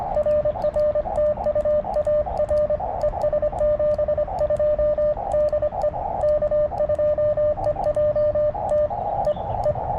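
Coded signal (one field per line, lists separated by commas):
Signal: Morse code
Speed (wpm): 24 wpm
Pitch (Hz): 590 Hz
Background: radio noise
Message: RR TU AR ES 72 DE K2EJT E E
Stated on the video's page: Morse from a Parks on the Air activation using a KX2, on a band other than 40m, with slow activity.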